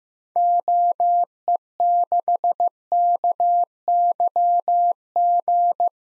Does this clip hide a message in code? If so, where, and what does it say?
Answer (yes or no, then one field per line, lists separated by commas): yes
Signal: Morse code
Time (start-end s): 0.4-5.9 s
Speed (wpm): 15 wpm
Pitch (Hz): 700 Hz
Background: none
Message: OE6KYG